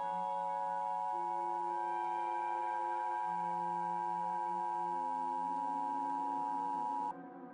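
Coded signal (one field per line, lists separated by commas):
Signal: Emergency Alert System (SAME) tones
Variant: 853 and 960 Hz attention tone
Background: music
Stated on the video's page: Emergency broadcast within a fictional audio drama about a demonic outbreak.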